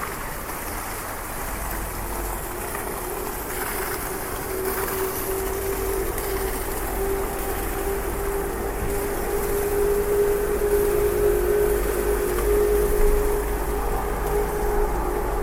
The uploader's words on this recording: Walking in the rain streets of Switzerland with a very high-definition binaural microphone.